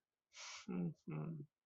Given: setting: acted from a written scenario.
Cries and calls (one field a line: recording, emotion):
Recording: vocal sound without words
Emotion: sadness